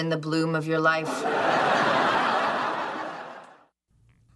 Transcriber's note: laughter